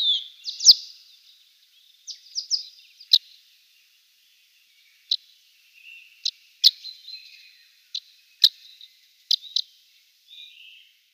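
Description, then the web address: Eurasian crag martin calls: short, sharp high chips and clicks, scattered irregularly, some in quick clusters of two or three, with quiet gaps between. "Schulze Peter Eurasian Crag-Martin calls"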